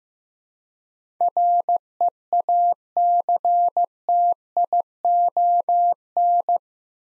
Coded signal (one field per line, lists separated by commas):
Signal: Morse code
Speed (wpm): 15 wpm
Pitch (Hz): 700 Hz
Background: none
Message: REACTION